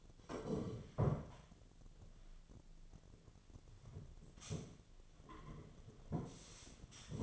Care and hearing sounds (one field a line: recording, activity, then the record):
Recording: daily activity, microphone in the room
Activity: sit down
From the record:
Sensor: 4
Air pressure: 1008.8 hPa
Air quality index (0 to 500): 172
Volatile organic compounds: 5 ppm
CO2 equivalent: 1724 ppm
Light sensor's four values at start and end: 23/73/28/26 and 23/73/28/27